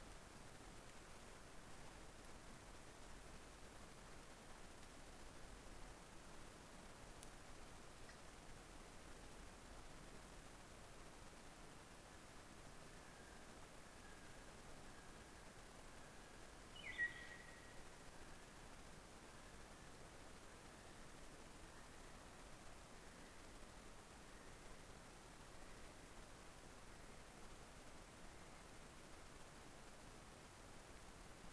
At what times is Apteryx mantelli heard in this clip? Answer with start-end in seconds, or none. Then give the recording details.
11.87-28.89. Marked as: faintness 5/5. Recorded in New Zealand on 11 December 2011. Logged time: 00:58. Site DD66